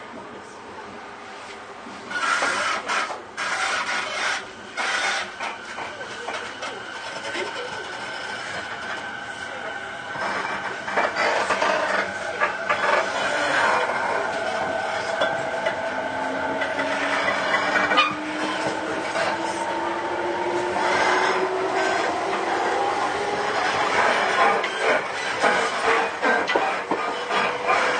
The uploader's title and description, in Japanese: JR209系 東千葉〜佐倉。総武本線の運用を録音